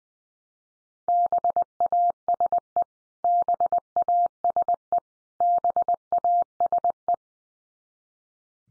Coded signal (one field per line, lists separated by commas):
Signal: Morse code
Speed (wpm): 20 wpm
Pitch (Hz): 700 Hz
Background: none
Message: BASE BASE BASE